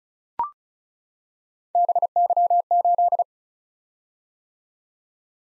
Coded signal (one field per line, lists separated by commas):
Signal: Morse code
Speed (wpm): 36 wpm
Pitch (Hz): 700 Hz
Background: none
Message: BY8